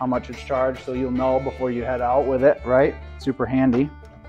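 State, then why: Not seated. Someone talks while a Ryobi 40V battery pack is handled after being slid out of a cordless chainsaw to show its charge indicator, on its way back into the chainsaw's battery bay. Nothing has seated or clicked yet by the end of the clip.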